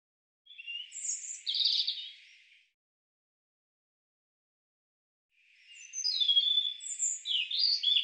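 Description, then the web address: European robin song: two phrases of thin, high, tumbling warbles and sweet trills, divided by a long silent gap, with no other sounds. "cianscape birddata Deverinetal Bird Er Ru"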